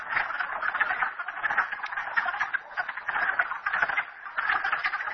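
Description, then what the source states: Frogs croaking in a thick chorus, quick clucking notes overlapping into a rattling roar that surges and dips. Frogs recorded at Merryspring.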